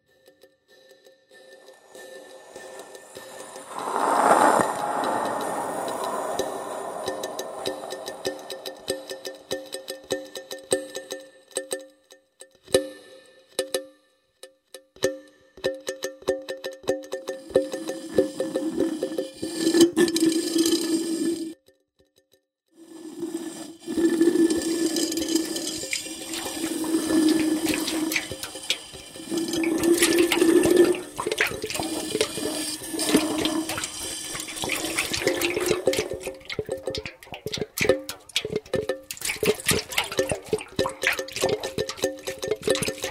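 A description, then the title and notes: A single soft drink can is handled, opening with a sharp hiss near the start that fades into light fizzing and scattered clicks. From about seventeen seconds on come longer, rougher bursts of rushing, crackling fizz and metallic scraping, with brief pauses between. Can world (sound art). Record with one soft drink can .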